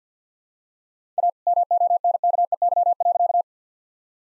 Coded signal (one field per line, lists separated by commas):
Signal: Morse code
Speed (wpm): 50 wpm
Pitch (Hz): 700 Hz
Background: none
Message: A MONKEY.